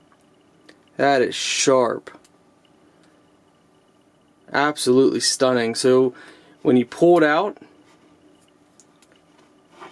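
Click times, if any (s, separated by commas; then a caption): none. Someone talks while handling a Jellas 8Cr13Mov spring-assisted folding tactical pocket knife with a clip, about to open its blade toward the steel lock's open position in the handle. Only a few faint, brief clicks and taps are heard between and after the speech. Nothing has locked or seated yet.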